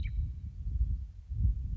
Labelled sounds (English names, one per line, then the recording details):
Western Meadowlark
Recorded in Sonoma County, California